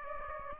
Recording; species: mosquito wingbeat signal from an infrared sensor; Aedes aegypti